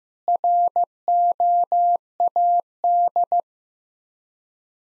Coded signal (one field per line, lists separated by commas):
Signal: Morse code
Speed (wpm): 15 wpm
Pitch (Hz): 700 Hz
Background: none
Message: ROAD